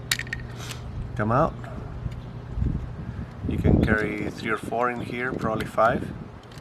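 A utility blade is handled at a box cutter's handle, where spare blades are stored, with a few sharp, light metallic clinks near the start followed by someone talking. The blade has not yet locked into place, and nothing has seated or clicked by the end.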